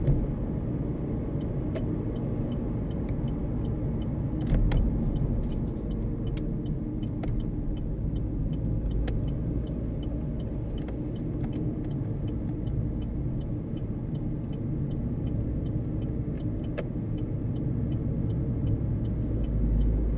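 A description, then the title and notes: Inside a car on the motorway, a dense, steady low road rumble fills the whole stretch. A quick, regular indicator ticking runs throughout, with a few sharper clicks scattered across it, including a brief louder knock just before five seconds. Driving on the motorway. Internal car ambience. Usage of car indicators.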